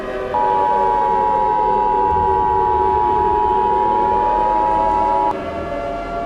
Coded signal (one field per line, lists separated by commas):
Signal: Emergency Alert System (SAME) tones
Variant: 853 and 960 Hz attention tone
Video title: EAS Scenario: Yukina Part 2